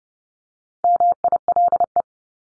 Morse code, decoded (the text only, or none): MILE